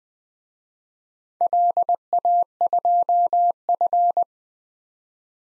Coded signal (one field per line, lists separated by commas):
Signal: Morse code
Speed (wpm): 20 wpm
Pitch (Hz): 700 Hz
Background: none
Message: LA2F